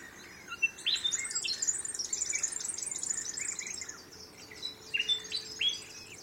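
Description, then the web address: Bird calls: busy high squeaky trills and sharp chips, with a few louder single chips near the end. Unidentified bird calls recorded in mangroves. "Sound Effects-Foundation 1 BIRD UNKNOWN MAGROVES"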